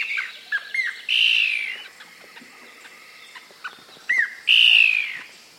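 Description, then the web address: Blackish antbird giving a few hooked whistled notes and two drawn-out descending whistles, with quieter calls in between. South America. "Natures Songs S America Blackish Antbird"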